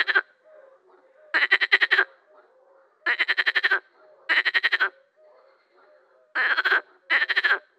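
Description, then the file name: Marsh frog giving quick rattling, laugh-like pulse trains, several bursts separated by pauses with quieter low croaks in between. "grenouille rieuse"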